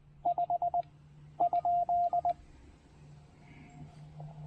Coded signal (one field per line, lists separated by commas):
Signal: Morse code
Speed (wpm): 20 wpm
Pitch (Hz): 700 Hz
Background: none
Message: 5 ?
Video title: The new Penntek TR-45L: A Full Overview, Tour, and POTA Activation!